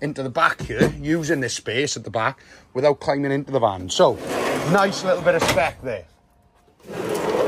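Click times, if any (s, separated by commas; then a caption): none. A rear door or load-area fitting on a 2019 Ford Transit Courier Trend small van body is handled while someone talks, followed by a brief quiet gap and then rustling movement noise near the end. Nothing has latched or clicked into place yet.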